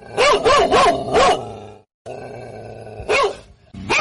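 A large mastiff named A Manh barks fiercely in a quick run of four harsh, wavering barks as it lunges to attack, falls silent briefly, then lets out another bark over a steady low hum.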